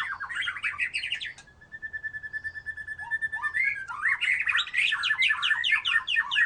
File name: murai batu